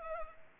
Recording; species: mosquito wingbeat signal from an infrared sensor; Culex pipiens